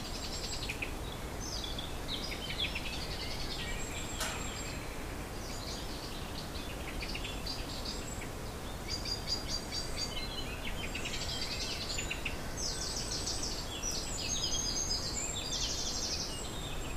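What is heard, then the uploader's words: Several birds chirp and trill in a mountain forest, with bright overlapping calls throughout over a steady low rumble of traffic. My mountain- are recordings specially dedicated to listening to the fauna and birds in the mountain where I live - Collserola, Barcelona.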